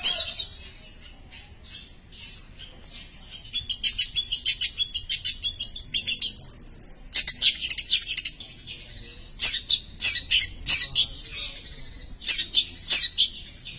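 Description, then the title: Long-tailed shrike song: a long, busy stream of thin, buzzy high chirps, then louder, spaced squeaky notes toward the end. "Cendet"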